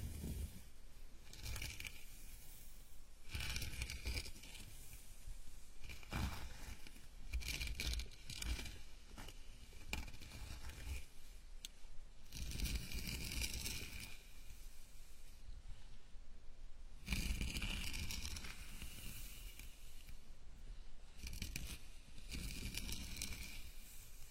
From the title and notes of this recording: Enjoy the ultimate scalp massage, gentle and comfortable.